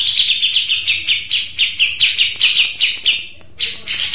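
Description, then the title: Mixed birds chirping, a fast run of bright, high notes repeated several times a second, with a short pause near the end before the chatter resumes. "Burung Campur2"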